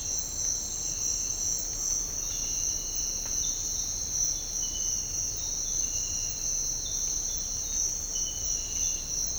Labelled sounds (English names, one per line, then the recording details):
none
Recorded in secondary vegetation near Puerto Asís, Putumayo, Colombia, on 13 March 2025 at 06:30
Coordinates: 0.502, -76.326
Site G100